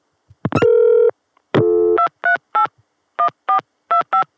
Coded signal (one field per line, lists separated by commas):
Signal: DTMF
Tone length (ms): 100 ms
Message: 238 1425